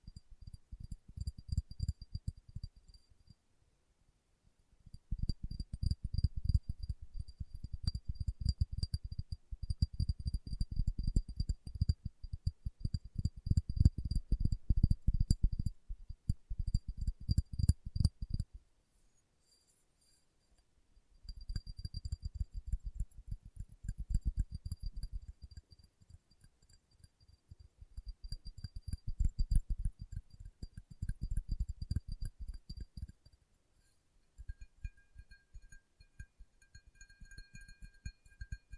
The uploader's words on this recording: ASMR Tapping with Fingertips (No Talking).